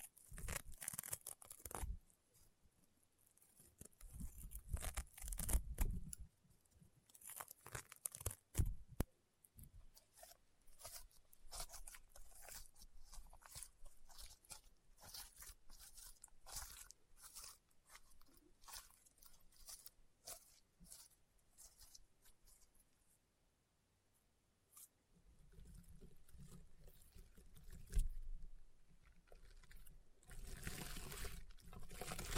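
Crunchy, popping slime being squeezed and pressed, with dense bursts of sharp crackles and pops. The crackling is busiest in the first ten seconds, thins to scattered snaps in the middle, falls nearly silent around 24 seconds, then returns with heavier, lower squishing toward the end.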